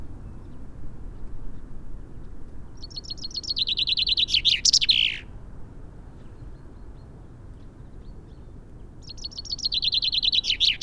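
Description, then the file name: Common chaffinch singing two rapid descending trilled phrases separated by a few seconds of quiet, the first closing with a loud flourish; low rumbling background noise. "Fringilla coelebs"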